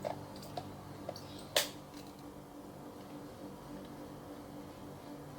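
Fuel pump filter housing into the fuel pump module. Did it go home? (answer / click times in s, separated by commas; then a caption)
no / none. The plastic filter housing of a Grand Livina fuel pump is handled into the fuel pump module, with its fuel suction hole lined up with the spring. Small sharp taps sound at about 0.1, 0.6, 1.1 and 1.2 seconds, then a louder, brighter knock at 1.6 seconds, followed by a steady low hiss. Nothing has seated or clicked yet.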